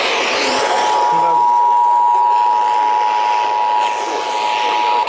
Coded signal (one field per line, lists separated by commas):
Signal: Emergency Alert System (SAME) tones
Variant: 853 and 960 Hz attention tone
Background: speech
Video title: COLUMBIA'S TAKEOVER... EAS Alerts from 6/16/22 (EAS #7,331 - 7,479)